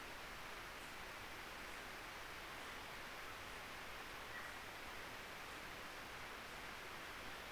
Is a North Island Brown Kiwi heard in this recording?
no